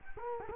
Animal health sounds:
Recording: mosquito wingbeat signal from an infrared sensor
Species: Culex quinquefasciatus

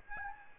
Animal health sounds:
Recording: mosquito wingbeat signal from an infrared sensor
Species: Aedes albopictus

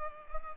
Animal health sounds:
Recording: mosquito wingbeat signal from an infrared sensor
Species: Culex pipiens

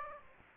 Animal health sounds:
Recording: mosquito wingbeat signal from an infrared sensor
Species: Aedes aegypti

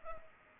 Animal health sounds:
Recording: mosquito wingbeat signal from an infrared sensor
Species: Culex pipiens

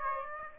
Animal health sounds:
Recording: mosquito wingbeat signal from an infrared sensor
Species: Aedes aegypti

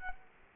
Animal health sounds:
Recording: mosquito wingbeat signal from an infrared sensor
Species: Culex quinquefasciatus

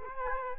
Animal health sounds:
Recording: mosquito wingbeat signal from an infrared sensor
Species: Culex quinquefasciatus

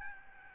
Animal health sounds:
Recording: mosquito wingbeat signal from an infrared sensor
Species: Aedes albopictus

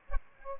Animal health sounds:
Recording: mosquito wingbeat signal from an infrared sensor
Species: Aedes aegypti

